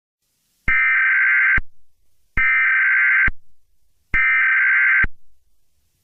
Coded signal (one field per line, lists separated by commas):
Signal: Emergency Alert System (SAME) tones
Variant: header bursts